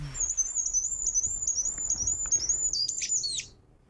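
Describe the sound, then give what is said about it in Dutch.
A firecrest's high, thin song holds a steady trilling line for about three seconds, with quick warbled flourishes near the end, over a soft low background rumble. “Oké, dus dat is dan deze. En dat is echt heel anders dan dat golvende.”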